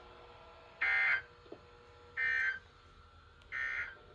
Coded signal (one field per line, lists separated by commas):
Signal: Emergency Alert System (SAME) tones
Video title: Testing and a random WSA (EAS 433-435)